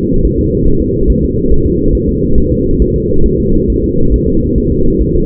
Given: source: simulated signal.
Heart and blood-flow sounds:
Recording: fetal heart sounds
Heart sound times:
0.25 s: S1
0.39 s: S2
0.68 s: S1
0.82 s: S2
1.10 s: S1
1.24 s: S2
1.52 s: S1
1.66 s: S2
1.95 s: S1
2.09 s: S2
2.38 s: S1
2.52 s: S2
2.82 s: S1
2.96 s: S2
3.26 s: S1
3.40 s: S2
3.70 s: S1
3.84 s: S2
4.14 s: S1
4.28 s: S2
4.58 s: S1
4.72 s: S2
5.02 s: S1
5.16 s: S2
From the record:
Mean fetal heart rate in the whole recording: 140 bpm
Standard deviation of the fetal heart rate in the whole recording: 2 bpm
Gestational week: 34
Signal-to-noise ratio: -17.7 dB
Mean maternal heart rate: 72 bpm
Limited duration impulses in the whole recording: present

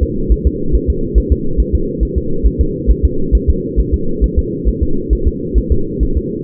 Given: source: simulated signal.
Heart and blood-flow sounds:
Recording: fetal heart sounds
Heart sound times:
0.03 s: S2
0.32 s: S1
0.47 s: S2
0.75 s: S1
0.90 s: S2
1.18 s: S1
1.32 s: S2
1.60 s: S1
1.75 s: S2
2.03 s: S1
2.18 s: S2
2.46 s: S1
2.61 s: S2
2.90 s: S1
3.05 s: S2
3.35 s: S1
3.50 s: S2
3.80 s: S1
3.94 s: S2
4.24 s: S1
4.39 s: S2
4.68 s: S1
4.83 s: S2
5.13 s: S1
5.28 s: S2
5.58 s: S1
5.72 s: S2
6.03 s: S1
6.17 s: S2
From the record:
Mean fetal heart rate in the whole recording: 135 bpm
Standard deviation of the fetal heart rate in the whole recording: 3 bpm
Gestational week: 34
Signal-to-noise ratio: -8.1 dB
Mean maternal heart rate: 72 bpm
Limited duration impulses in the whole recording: absent

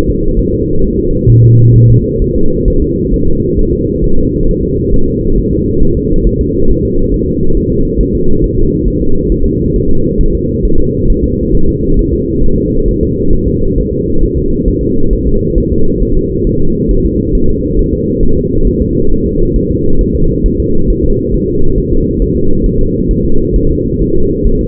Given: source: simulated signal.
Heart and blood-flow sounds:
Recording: fetal heart sounds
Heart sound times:
0.10 s: S2
0.40 s: S1
0.54 s: S2
0.84 s: S1
0.99 s: S2
1.30 s: S1
1.44 s: S2
1.76 s: S1
1.90 s: S2
2.22 s: S1
2.36 s: S2
2.68 s: S1
2.82 s: S2
3.14 s: S1
3.28 s: S2
3.59 s: S1
3.73 s: S2
4.04 s: S1
4.18 s: S2
4.49 s: S1
4.63 s: S2
4.94 s: S1
5.08 s: S2
5.38 s: S1
5.53 s: S2
5.83 s: S1
5.97 s: S2
6.27 s: S1
6.41 s: S2
6.70 s: S1
6.85 s: S2
7.14 s: S1
7.28 s: S2
7.57 s: S1
7.72 s: S2
8.01 s: S1
8.15 s: S2
8.44 s: S1
8.58 s: S2
8.88 s: S1
9.02 s: S2
9.32 s: S1
9.46 s: S2
9.76 s: S1
9.91 s: S2
10.21 s: S1
10.35 s: S2
10.65 s: S1
10.80 s: S2
11.10 s: S1
11.24 s: S2
11.55 s: S1
11.69 s: S2
11.99 s: S1
12.14 s: S2
12.44 s: S1
12.58 s: S2
12.88 s: S1
13.03 s: S2
13.33 s: S1
13.48 s: S2
13.78 s: S1
13.93 s: S2
14.23 s: S1
14.38 s: S2
14.68 s: S1
14.83 s: S2
15.13 s: S1
15.28 s: S2
15.58 s: S1
15.72 s: S2
16.03 s: S1
16.17 s: S2
16.47 s: S1
16.61 s: S2
16.91 s: S1
17.06 s: S2
17.35 s: S1
17.50 s: S2
17.79 s: S1
17.94 s: S2
18.23 s: S1
18.38 s: S2
18.67 s: S1
18.82 s: S2
19.12 s: S1
19.26 s: S2
19.56 s: S1
19.71 s: S2
20.01 s: S1
20.16 s: S2
20.46 s: S1
20.60 s: S2
20.90 s: S1
21.05 s: S2
21.34 s: S1
21.49 s: S2
21.78 s: S1
21.93 s: S2
22.22 s: S1
22.36 s: S2
22.66 s: S1
22.81 s: S2
23.11 s: S1
23.25 s: S2
23.56 s: S1
23.71 s: S2
24.02 s: S1
24.16 s: S2
24.47 s: S1
24.61 s: S2
From the record:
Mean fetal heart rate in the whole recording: 135 bpm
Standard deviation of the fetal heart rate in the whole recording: 3 bpm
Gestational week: 36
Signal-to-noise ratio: -19.1 dB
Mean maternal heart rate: 72 bpm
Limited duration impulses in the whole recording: present

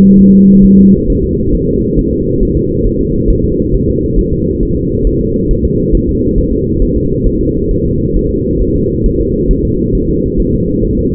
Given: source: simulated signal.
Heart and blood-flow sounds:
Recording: fetal heart sounds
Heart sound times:
0.19 s: S1
0.33 s: S2
0.65 s: S1
0.79 s: S2
1.10 s: S1
1.24 s: S2
1.55 s: S1
1.69 s: S2
1.99 s: S1
2.13 s: S2
2.43 s: S1
2.57 s: S2
2.86 s: S1
3.01 s: S2
3.30 s: S1
3.44 s: S2
3.74 s: S1
3.88 s: S2
4.19 s: S1
4.33 s: S2
4.63 s: S1
4.77 s: S2
5.07 s: S1
5.21 s: S2
5.51 s: S1
5.65 s: S2
5.95 s: S1
6.09 s: S2
6.38 s: S1
6.53 s: S2
6.82 s: S1
6.96 s: S2
7.26 s: S1
7.41 s: S2
7.71 s: S1
7.85 s: S2
8.16 s: S1
8.31 s: S2
8.61 s: S1
8.76 s: S2
9.06 s: S1
9.20 s: S2
9.51 s: S1
9.65 s: S2
9.95 s: S1
10.09 s: S2
10.40 s: S1
10.54 s: S2
10.85 s: S1
10.99 s: S2
From the record:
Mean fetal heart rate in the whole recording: 135 bpm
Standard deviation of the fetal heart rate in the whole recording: 3 bpm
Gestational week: 36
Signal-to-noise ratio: -14.7 dB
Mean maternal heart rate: 72 bpm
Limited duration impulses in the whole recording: present

